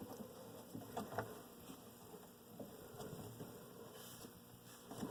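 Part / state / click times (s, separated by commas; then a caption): HID headlight bulb into headlamp housing seat / not seated / none. On another try, an HID headlight bulb for a Ford Flex is worked into the seat in its headlamp housing, with quiet rubbing and fumbling and two brief knocks near 1.0 s and 1.2 s over a steady background hiss. The bulb has not seated and no click has sounded yet.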